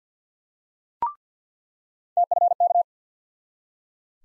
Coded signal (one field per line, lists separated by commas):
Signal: Morse code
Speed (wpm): 50 wpm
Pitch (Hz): 700 Hz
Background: none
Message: TFK